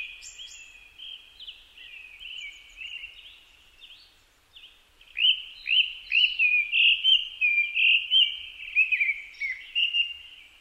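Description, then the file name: Japanese thrush song: quiet warbling at first, then a loud sequence of rapid, repeated, downslurred whistles lasting several seconds. Recorded 4 May 2010 at 18:30. "kurotugumi-20100504-1830"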